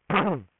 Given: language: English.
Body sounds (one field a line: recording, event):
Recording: throat vibration sensor signal played as sound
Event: throat clearing